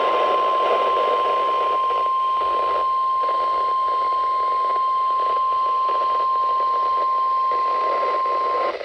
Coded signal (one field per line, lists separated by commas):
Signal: Emergency Alert System (SAME) tones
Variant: 1050 Hz attention tone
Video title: 3/16/26 SEVERE THUNDERSTORM WARNING (EAS #9)